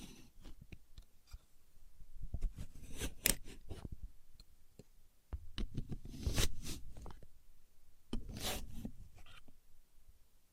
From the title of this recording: Using A Contour Gauge (No Talking)